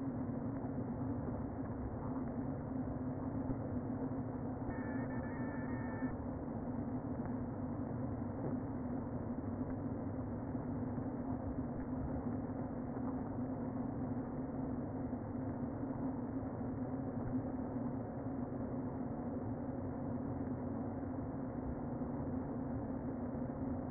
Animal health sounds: honeybee colony, microphone inside the hive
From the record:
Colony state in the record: queen present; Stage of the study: before two queens were removed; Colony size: about 60,000 bees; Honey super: yes

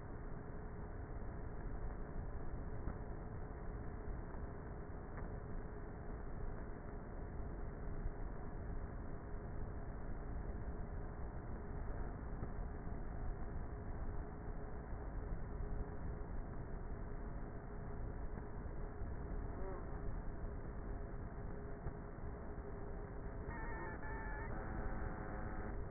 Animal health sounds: honeybee colony, microphone inside the hive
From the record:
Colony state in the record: queenless with a low population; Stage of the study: before two queens were removed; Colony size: about 30,000 bees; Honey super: no

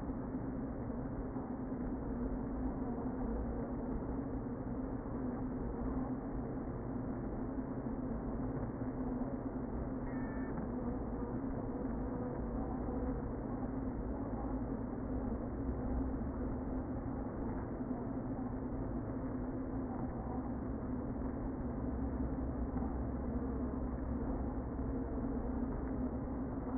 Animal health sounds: honeybee colony, microphone inside the hive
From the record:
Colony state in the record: queen present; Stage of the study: before two queens were removed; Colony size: about 60,000 bees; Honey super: yes

